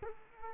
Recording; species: mosquito wingbeat signal from an infrared sensor; Culex quinquefasciatus